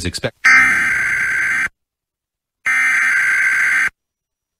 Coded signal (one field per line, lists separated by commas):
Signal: Emergency Alert System (SAME) tones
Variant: header bursts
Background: speech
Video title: EAS Earthquake Warning/Tsunami Warning (Caribe Wave '22) US Virgin Islands NOAA Weather Radio/IPAWS